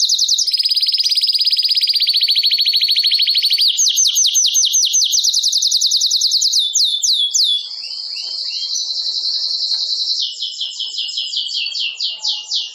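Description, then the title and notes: Domestic canary delivering nonstop song: rapid pulsed trills changing pitch several times, with slurred whistled notes between tours. Belgian canary singing in the Campainha song style. "Canário Belga Campainha Canary Singing. Canario Belga Cantando"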